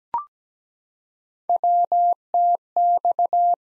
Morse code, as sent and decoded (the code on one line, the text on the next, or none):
.-- - -..-
WTX